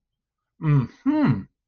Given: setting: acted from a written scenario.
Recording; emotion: vocal sound without words; realization